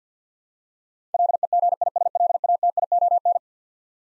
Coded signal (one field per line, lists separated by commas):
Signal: Morse code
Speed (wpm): 50 wpm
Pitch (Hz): 700 Hz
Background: none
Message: LEGISLATION